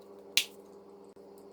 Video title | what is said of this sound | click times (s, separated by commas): Matchbox GMC Refrigerator Lorry No44c Restoration | I love when things click into place | 0.4 s